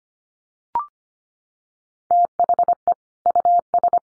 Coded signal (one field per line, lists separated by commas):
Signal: Morse code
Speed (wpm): 25 wpm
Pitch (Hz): 700 Hz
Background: none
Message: THE US